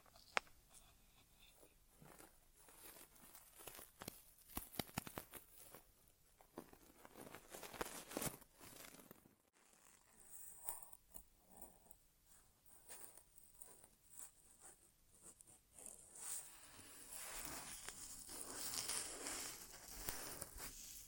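An ASMR inner ear exam without talking: dense crinkly scratching and tapping bursts, a brief silent break near nine seconds, then softer rustling resuming.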